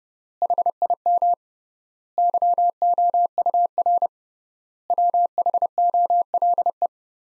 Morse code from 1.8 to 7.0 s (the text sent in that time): YOUR WHOLE